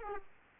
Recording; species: mosquito wingbeat signal from an infrared sensor; Aedes aegypti